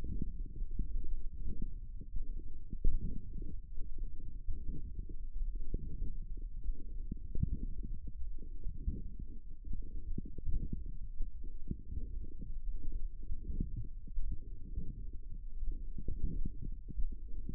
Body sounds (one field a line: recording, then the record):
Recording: forearm muscle sounds (acoustic myography)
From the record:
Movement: forearm supination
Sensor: system 1, eight BSWA MPA416 microphones around the upper forearm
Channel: 8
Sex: male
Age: 23 years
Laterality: right